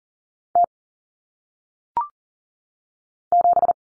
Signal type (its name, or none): Morse code